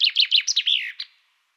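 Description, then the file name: Common chaffinch song fragment, several bright downward-slurred notes followed by a short falling flourish and one final clipped note, then silence. "Fringilla coelebs"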